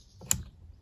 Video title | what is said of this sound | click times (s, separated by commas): Jeep Patriot / Compass Door Lock Replacement - Central Locking | you need to hear it click so then we'll feed it in the door | 0.3 s